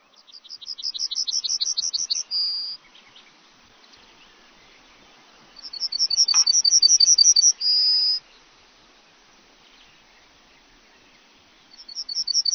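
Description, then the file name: Yellowhammer song: a fast dry trill of many high repeated notes ending in one drawn-out note, given twice, with a third song beginning at the end. "bruant Jaune"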